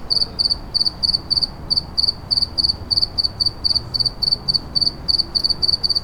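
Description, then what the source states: Cricket producing sharp, high pulsed chirps in a brisk, slightly irregular rhythm, with quiet low rumble behind. Recorded in a city.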